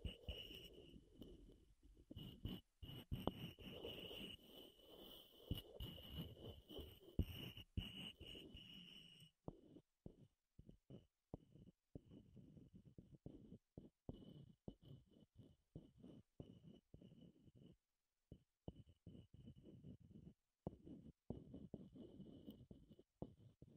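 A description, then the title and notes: Wood triggers: a steady run of soft tapping, scratching and rubbing on wood, mostly low and muffled with sharper clicks scattered through. For the first nine seconds a thin high tone hums underneath; afterward the sounds come in shorter bursts separated by brief silences. ASMR Wood Triggers in Your Ears (No Talking).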